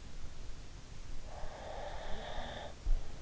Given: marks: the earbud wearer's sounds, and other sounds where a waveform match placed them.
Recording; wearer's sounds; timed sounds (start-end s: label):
sounds in sleep by an in-ear microphone; breath
1.28-3.03 s: breath